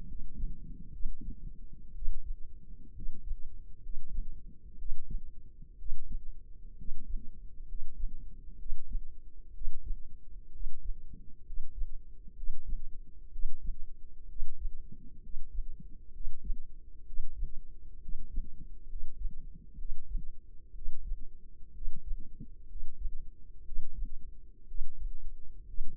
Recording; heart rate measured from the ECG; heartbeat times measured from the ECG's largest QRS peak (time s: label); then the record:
heart sounds by microphone in the left ear; 63 bpm
0.06 s: heartbeat
0.90 s: heartbeat
1.92 s: heartbeat
2.93 s: heartbeat
3.80 s: heartbeat
4.76 s: heartbeat
5.76 s: heartbeat
6.75 s: heartbeat
7.65 s: heartbeat
8.56 s: heartbeat
9.51 s: heartbeat
10.50 s: heartbeat
11.43 s: heartbeat
12.33 s: heartbeat
13.29 s: heartbeat
14.26 s: heartbeat
15.20 s: heartbeat
16.11 s: heartbeat
17.03 s: heartbeat
17.98 s: heartbeat
18.86 s: heartbeat
19.75 s: heartbeat
20.72 s: heartbeat
21.71 s: heartbeat
22.65 s: heartbeat
23.62 s: heartbeat
24.65 s: heartbeat
25.64 s: heartbeat
From the record:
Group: healthy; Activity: rest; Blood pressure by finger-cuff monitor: 118/65 mmHg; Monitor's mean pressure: 78 mmHg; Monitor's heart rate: 63 bpm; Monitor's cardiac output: 5 L/min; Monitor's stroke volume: 78 mL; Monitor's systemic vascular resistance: 1160 dyn s/cm5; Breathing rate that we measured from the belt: 15 breaths a minute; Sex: male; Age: 20 years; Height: 167 cm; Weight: 61 kg